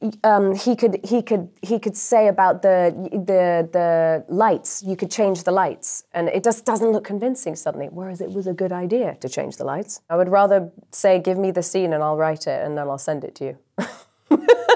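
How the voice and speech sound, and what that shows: Adult woman's conversational speech with repeated words and blocked pauses, as in "the... the... the lights", typical of stuttering. She has stuttered since childhood, is not cured, and it was much worse when she was young; she still avoids proposing scenes or saying her name on the phone.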